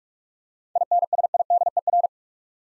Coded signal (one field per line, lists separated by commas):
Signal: Morse code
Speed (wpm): 46 wpm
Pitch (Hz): 700 Hz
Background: none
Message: INSIDER